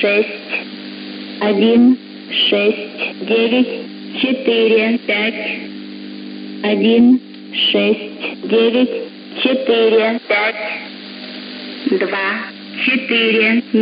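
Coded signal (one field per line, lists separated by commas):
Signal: numbers station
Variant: S06s, Russian female voice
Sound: female voice reading short spoken numbers in even groups over radio hiss and hum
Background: radio static, hum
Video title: 03 02 2022 Number station S06s Russian Lady in Russian to Eu 0940 on 9540 unknown tx site in CUSB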